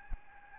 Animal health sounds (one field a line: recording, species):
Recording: mosquito wingbeat signal from an infrared sensor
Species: Aedes albopictus